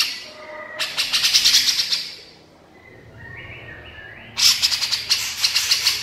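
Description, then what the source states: Horsfield's bush lark song: a dense rapid trill, then a pause with a few thin whistled notes, then another fast buzzy trill. Branjangan singing energetically and continuously (gacor), used to train songbirds (masteran).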